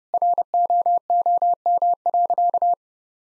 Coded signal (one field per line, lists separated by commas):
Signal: Morse code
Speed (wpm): 30 wpm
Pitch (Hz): 700 Hz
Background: none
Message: ROOM.